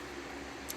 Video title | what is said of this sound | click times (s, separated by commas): TOPS Operator 7 and Street Scalpel Piggyback Rig | go really nice click in there's no rattle no play and ballistic one-handed | 0.7 s